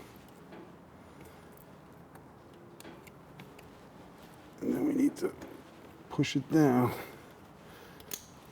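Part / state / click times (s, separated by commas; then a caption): fuel line quick connector onto motorcycle fuel tank outlet / seated / 8.1 s. With its locking piece pushed back to unlock it, a fuel line quick connector is pushed down onto the fuel tank outlet of a Triumph Bonneville T100/T120 motorcycle while someone talks. Faint small ticks come early on, then a sharp click at 8.1 s as the connector seats on the tank fitting, ready for the lock to be slid forward to secure it.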